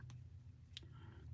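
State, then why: Seated. A plastic locking washer is pushed onto the back of the second 6mm safety eye, inside a crocheted pinecone body, and it locks into place. A faint tick comes at 0.1 s, then a sharper click at 0.8 s over a steady low hum.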